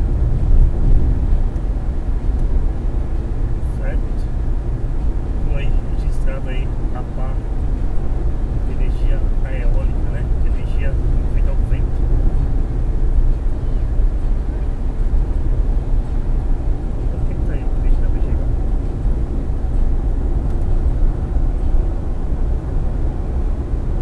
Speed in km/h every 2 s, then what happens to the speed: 107, 107, 107, 107, 107, 103, 107, 107, 108, 108, 109, 111.
0-24 steady at about 107.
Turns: none.